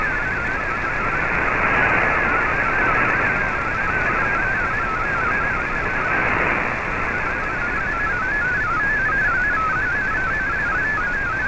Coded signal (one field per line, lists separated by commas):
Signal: multi-tone FSK (Olivia or MFSK type)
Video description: here is my decode of the Shortwave Radiogram broadcast today on 15770Khz shortwave radio at 1300UTC in MFSK32 and 64 and with 10 SSTV images